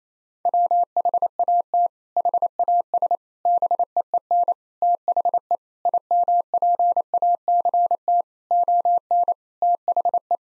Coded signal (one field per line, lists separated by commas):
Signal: Morse code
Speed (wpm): 28 wpm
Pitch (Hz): 700 Hz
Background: none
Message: WHAT HAS BEEN THE IMPACT ON THE